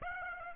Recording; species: mosquito wingbeat signal from an infrared sensor; Aedes aegypti